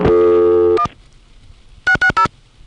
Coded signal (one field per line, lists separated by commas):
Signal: DTMF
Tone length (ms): 80 ms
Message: 1 660